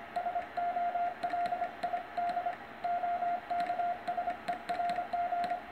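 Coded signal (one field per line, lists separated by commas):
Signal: Morse code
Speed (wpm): 26 wpm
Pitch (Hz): 700 Hz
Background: radio noise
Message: SOLID OK SERG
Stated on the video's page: CW contact on the 10 m band.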